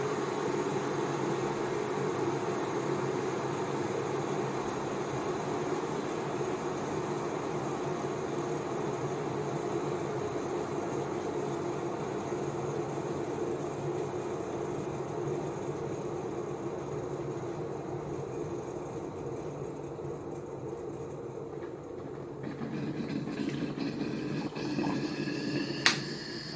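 A hotcup machine hums and whirs steadily, its tone shifting slightly near the end before a few sharp clicks and a brief whine.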